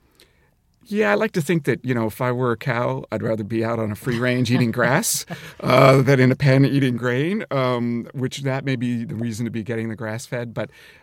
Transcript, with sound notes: Yeah, I like to think that, you know, if I were a cow, I'd rather be out on a free range eating grass...
(Laughter).
...Than in a pen eating grain, which that may be the reason to be getting the grass-fed.